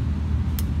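A pistol magazine is pushed into the pistol grip, firmly enough for it to click, over a steady low rumble. A single short, bright click sounds at 0.6 s as the magazine seats home.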